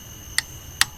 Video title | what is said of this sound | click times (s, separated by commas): Beam vs Click Torque Wrench | hear that click | 0.4 s, 0.8 s